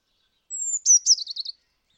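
Bird song with one long, high, thin note sliding slightly down, followed by a fast, chattering trill; the background is silent.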